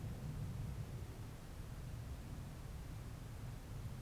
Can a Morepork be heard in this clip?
no